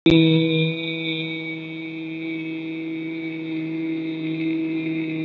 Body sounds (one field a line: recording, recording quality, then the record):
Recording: sustained vowel as in beet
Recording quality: excellent, no background noise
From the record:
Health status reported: recovered from COVID-19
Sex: male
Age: 25 years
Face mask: not worn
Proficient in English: yes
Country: India